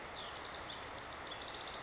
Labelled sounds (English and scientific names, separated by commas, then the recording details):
House Wren (Troglodytes aedon)
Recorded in Sonoma County, California